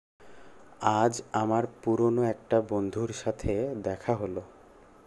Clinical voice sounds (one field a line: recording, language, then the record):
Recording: elicited speech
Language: Bengali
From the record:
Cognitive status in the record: cognitively healthy